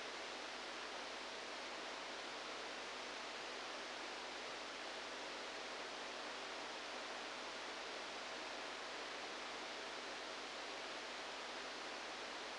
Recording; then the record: brain microelectrode recording played as sound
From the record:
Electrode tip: outside the subthalamic nucleus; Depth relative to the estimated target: -4 mm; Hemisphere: left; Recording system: NeuroSet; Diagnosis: Parkinson's disease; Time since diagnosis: 10 years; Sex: male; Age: 63 years